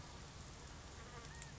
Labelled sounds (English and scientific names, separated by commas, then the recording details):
California Quail (Callipepla californica)
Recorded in Sonoma County, California